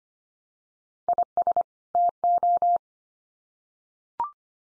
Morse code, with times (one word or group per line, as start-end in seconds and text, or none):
1.1-1.6 IS
2.0-2.8 TO